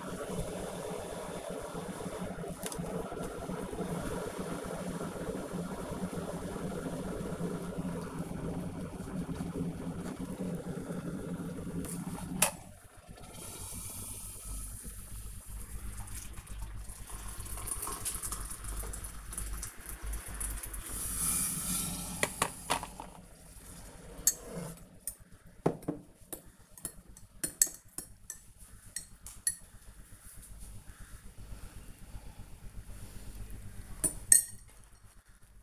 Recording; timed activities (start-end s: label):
household activities, microphone on the right wrist
0.00-26.44 s: making tea